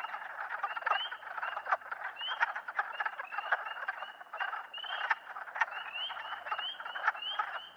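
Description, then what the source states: Spring peepers giving scattered high upslurred peeps, several callers overlapping, with a buzzy lower chorus and occasional sharp clicks beneath. Several spring peepers calling together; posted in April 2008.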